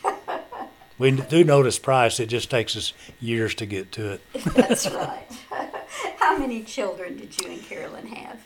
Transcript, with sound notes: Yeah. We do notice price; it just takes us years to get to it.
(Laughter) That's right. How many children did you and Carolyn have?